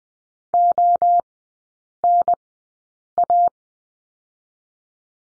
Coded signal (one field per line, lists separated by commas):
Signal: Morse code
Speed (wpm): 20 wpm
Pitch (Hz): 700 Hz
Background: none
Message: ONA